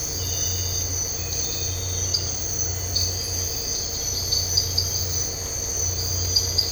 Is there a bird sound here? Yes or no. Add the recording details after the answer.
no. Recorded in dense forest near Puerto Asís, Putumayo, Colombia, on 9 March 2025 at 04:30. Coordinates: 0.468, -76.322. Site GP01